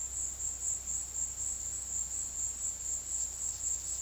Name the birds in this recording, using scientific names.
none